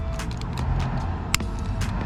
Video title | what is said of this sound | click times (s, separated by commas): BMW X5 e70 ambient lights upgrade part 2 ( Front Doors) | vous y allez, il est clipsé | 1.3 s